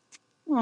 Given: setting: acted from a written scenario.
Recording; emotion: vocal sound without words; disappointment